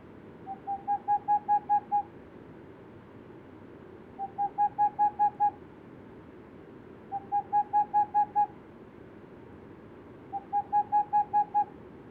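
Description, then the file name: Boreal owl repeating its song: four bursts of about seven rapid, mellow hoots, each burst growing louder, a few seconds apart, over steady background hiss. Hooting of an unpaired male. "Tengmalms Owl Hooting of unpaired male"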